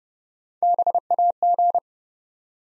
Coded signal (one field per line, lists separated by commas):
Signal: Morse code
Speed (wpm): 30 wpm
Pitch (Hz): 700 Hz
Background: none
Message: BAG